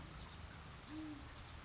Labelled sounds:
Great Horned Owl
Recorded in Sonoma County, California

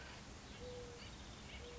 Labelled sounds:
Mourning Dove
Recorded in Sonoma County, California

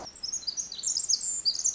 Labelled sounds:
Pacific Wren
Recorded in Sonoma County, California

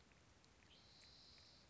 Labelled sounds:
Spotted Towhee
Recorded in Sonoma County, California

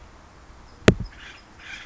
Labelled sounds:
Acorn Woodpecker
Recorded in Sonoma County, California

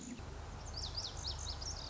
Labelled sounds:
Lazuli Bunting
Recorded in Sonoma County, California

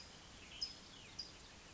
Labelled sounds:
California Towhee
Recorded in Sonoma County, California

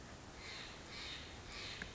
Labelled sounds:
Steller's Jay
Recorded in Sonoma County, California

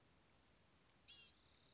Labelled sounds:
Blue-gray Gnatcatcher
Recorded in Sonoma County, California

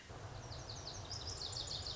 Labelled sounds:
Lazuli Bunting
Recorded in Sonoma County, California

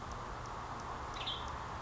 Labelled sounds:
Western Tanager
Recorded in Sonoma County, California

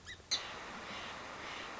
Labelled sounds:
Song Sparrow
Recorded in Sonoma County, California

